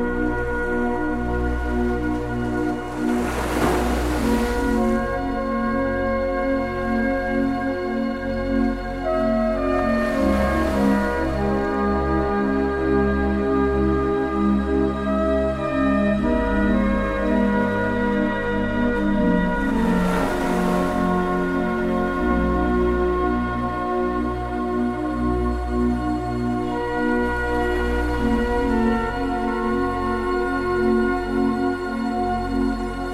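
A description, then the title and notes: Gentle, relaxing music made of long sustained tones that hold steady and change slowly, with a soft low drone underneath. Roughly every seven seconds a brighter swell or shimmer rises and fades, near 4, 10, 20 and 28 seconds, ringing like a struck bowl. Gentle relaxing music.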